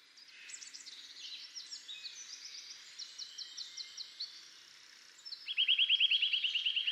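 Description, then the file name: Eurasian nuthatch giving high piping calls in quick repeated series, ending in a loud, fast rattling trill of even notes; other high chirps overlap throughout. "Sitta europaea"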